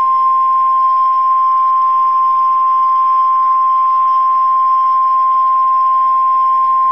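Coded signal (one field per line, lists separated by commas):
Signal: Emergency Alert System (SAME) tones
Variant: 1050 Hz attention tone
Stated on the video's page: Tornado Warning from a NOAA Weather Radio station.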